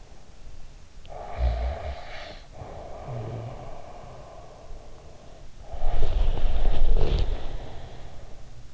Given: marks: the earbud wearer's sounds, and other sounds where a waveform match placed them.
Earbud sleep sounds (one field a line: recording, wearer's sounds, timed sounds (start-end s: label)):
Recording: sounds in sleep by an in-ear microphone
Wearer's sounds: snoring breath, breath, body movement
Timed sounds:
1.05-5.51 s: snoring breath
5.69-8.74 s: breath
6.00-8.23 s: body movement